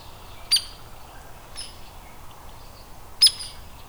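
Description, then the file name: Hairy woodpecker uttering two sharp, clipped notes nearly three seconds apart, with a softer note between. Adult. "Hairy WPAdult"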